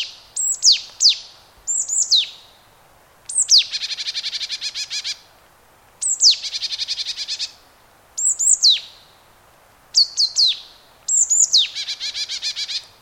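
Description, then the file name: Marsh tit giving repeated calls: pairs of sharp downward-slurred notes, several followed by a rapid buzzy 'dee-dee-dee' rattle, steady series throughout. "Poecile palustris"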